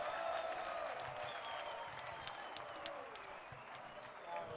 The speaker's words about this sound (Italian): Facciamo un applauso al signor Di Tella che ci fa mettere l'ultimo disco, dai, per favore, ragazzi.